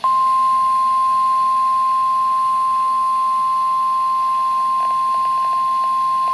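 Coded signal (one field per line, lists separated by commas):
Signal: Emergency Alert System (SAME) tones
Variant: 1050 Hz attention tone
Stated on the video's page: Severe Thunderstorm Warning issued by NWS Fort Worth for Parker County, Texas.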